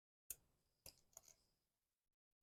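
A coil spring on a rear suspension damper of a 1:8 scale Nissan Skyline R34 model car from Fast and Furious is compressed until it locks into place. A sharp click is heard at 0.3 s, followed by smaller ticks around 0.9, 1.2 and 1.3 s. The spring is seated and locked.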